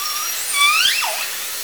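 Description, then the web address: Killer whale giving a short tonal call rich in harmonics that rises sharply and then drops into a falling sweep, lasting under two seconds. Southern resident killer whale population, call type S12. "SRKW Orca Calls S 12"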